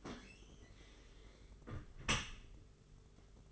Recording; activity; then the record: daily activity, microphone in the room; close dishwasher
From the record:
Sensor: 4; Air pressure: 992.1 hPa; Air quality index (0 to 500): 110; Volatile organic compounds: 18 ppm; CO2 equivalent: 2630 ppm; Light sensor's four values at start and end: 23/78/28/30 and 23/78/28/30